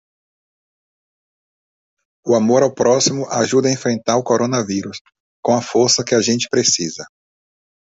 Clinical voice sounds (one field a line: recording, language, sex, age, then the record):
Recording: spoken sentence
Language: Brazilian Portuguese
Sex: male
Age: 40 to 49 years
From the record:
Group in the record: control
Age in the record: 47 years